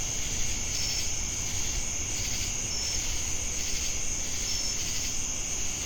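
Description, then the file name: Crickets give a continuous high buzzing trill with a few sparse bright chirps, backed by a low rumble and pulsing insect noise. Crickets recorded together with cicadas in Jamestown, North Carolina, on 10 August 2018. "Crickets And Sacadas Jamestown NC August-10-2018"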